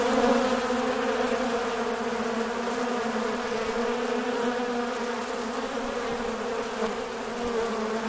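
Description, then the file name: Continuous bee swarm buzz, a rich, even drone with layered low tones and little change in loudness throughout. Swarm of bees, recorded while surrounded by the swarm. "bees swarm sourrounded"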